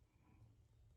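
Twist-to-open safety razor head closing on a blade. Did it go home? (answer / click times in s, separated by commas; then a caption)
no / none. A vintage metal Schick Krona twist-to-open safety razor, just loaded with a double-edge blade, has its handle twisted so the doors close to lock onto the blade. Only a low, steady rumble of handling noise is heard. Nothing has seated or clicked yet.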